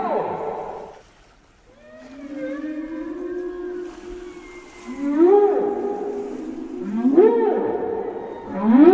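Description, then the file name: Whale song: low drawn-out moans with rich overtones, followed by three sweeping upward whoops about two seconds apart. "Canto de las ballenas"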